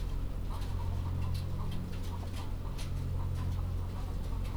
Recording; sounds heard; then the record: poultry house recording; sick chickens (respiratory disease)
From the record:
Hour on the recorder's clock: 21